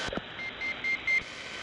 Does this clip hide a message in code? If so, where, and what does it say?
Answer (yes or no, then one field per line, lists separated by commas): no